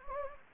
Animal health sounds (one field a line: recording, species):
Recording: mosquito wingbeat signal from an infrared sensor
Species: Anopheles gambiae